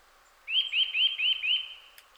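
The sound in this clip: Eurasian nuthatch giving a single quick series of five rising, whistled notes, evenly spaced and ringing, followed by a faint click.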